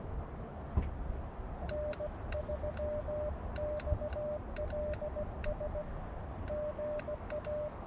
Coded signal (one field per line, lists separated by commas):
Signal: Morse code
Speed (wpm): 17 wpm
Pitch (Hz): 600 Hz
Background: none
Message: N3XLS GA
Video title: CW #POTA at K-7882 on February 16, 2023 - Elecraft KX2 Maiden Voyage & Read The Friggin’ Manual RTFM